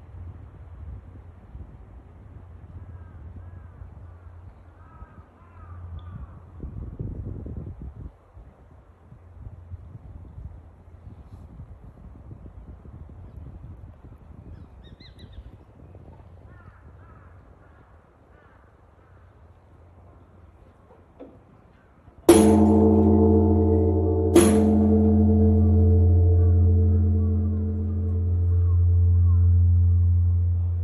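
Morning at a temple: crows caw over a low hum, then at about 22 seconds a deep bell strikes twice and rings on, slowly pulsing.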